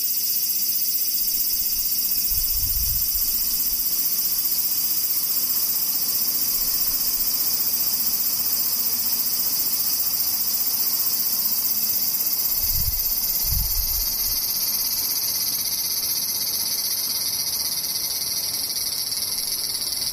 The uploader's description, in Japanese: セミ